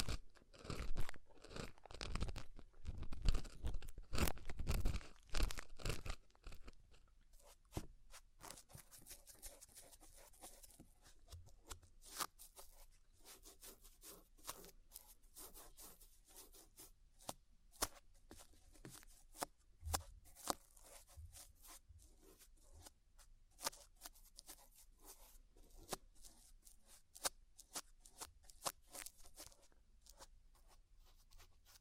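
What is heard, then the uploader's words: Ear-cleaning sounds: a dense burst of loud crunchy scraping for the first seven seconds, then sparser soft crackles and taps continuing throughout. ASMR Deep Ear Cleaning Session. (No Talking).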